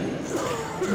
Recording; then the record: coughing mixed with background sound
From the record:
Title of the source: Mid-morning Winter Coughing Fit